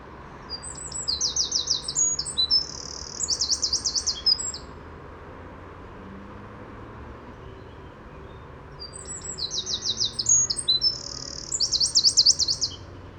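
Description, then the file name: Eurasian wren song: two loud, high, rapid trilling bursts of about four seconds each, fast rattling trills mixed with shorter tinkling notes. "Troglodytes troglodytes"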